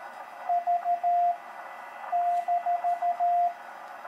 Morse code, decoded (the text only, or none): V -